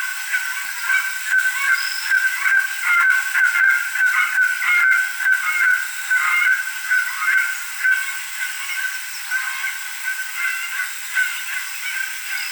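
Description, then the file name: Goose: geese giving a rapid run of short, honking alarm calls, several birds overlapping at a steady, busy pace over a background hiss. Geese calling in alarm before take-off. "Geese Alert for Take Off"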